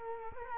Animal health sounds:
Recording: mosquito wingbeat signal from an infrared sensor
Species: Culex quinquefasciatus

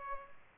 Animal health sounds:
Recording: mosquito wingbeat signal from an infrared sensor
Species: Culex pipiens

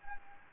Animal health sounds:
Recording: mosquito wingbeat signal from an infrared sensor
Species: Anopheles gambiae

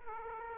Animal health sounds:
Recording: mosquito wingbeat signal from an infrared sensor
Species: Aedes aegypti

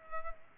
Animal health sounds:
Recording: mosquito wingbeat signal from an infrared sensor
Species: Culex pipiens

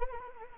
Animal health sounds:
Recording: mosquito wingbeat signal from an infrared sensor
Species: Anopheles arabiensis

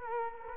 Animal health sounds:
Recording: mosquito wingbeat signal from an infrared sensor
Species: Aedes aegypti

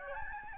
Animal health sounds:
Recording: mosquito wingbeat signal from an infrared sensor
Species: Aedes albopictus

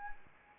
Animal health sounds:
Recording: mosquito wingbeat signal from an infrared sensor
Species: Anopheles arabiensis

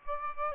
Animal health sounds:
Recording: mosquito wingbeat signal from an infrared sensor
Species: Aedes aegypti

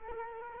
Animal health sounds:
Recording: mosquito wingbeat signal from an infrared sensor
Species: Culex quinquefasciatus

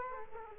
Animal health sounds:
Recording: mosquito wingbeat signal from an infrared sensor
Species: Culex quinquefasciatus

